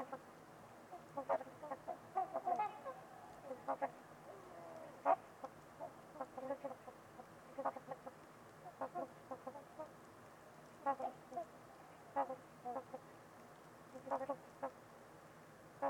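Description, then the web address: Trumpeter swans calling, many short honking notes scattered throughout at varying levels, over a faint steady background hiss. Trumpeter swans on a winter's eve at Winters Lake, in a deep, silent winter valley, with distant white noise; recorded by Nick McMahan. "Trumpeter Swans on a Winter's Eve. Nick-Mc Mahan Winters-Lake-with-Swan. Wind Is the Original Radio"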